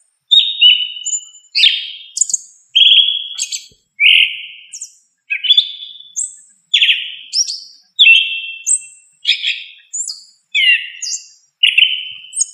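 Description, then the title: Thrush singing a run of varied whistled phrases, slurred notes mixed with sharp high notes, with short gaps between. "Familia Turdidae - Sabia"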